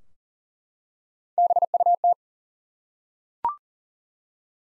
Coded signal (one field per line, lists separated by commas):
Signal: Morse code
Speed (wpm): 40 wpm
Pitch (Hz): 700 Hz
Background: none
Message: BUT